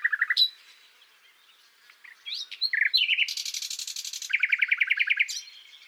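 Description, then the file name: Common nightingale singing: a few loud notes, a pause, then varied notes, a harsh buzzing trill and a fast run of repeated chirps. "Luscinia megarhynchos"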